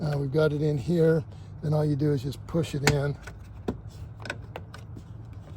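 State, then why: Not seated. Someone talks while the already lined-up rear tail light assembly of a 2022-2026 Toyota Corolla Cross is readied to be pushed straight into the rear body panel, where its plastic retaining clips will snap in. After the talk, a few faint, sharp handling ticks come at about 3.7, 4.3, 4.6 and 4.7 seconds over low background noise. Nothing has seated or clicked into place yet.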